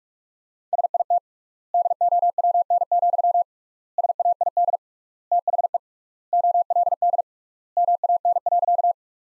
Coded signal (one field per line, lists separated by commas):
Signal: Morse code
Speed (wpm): 43 wpm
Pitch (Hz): 700 Hz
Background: none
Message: SIT DOWN, SAID THE OLD MAN.